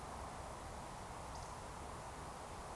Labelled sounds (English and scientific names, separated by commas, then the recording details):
Eurasian Woodcock (Scolopax rusticola) whistle
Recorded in Baden-Württemberg, Germany, on 14 June 2020 at 20:15 UTC
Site 43791, 788 m above sea level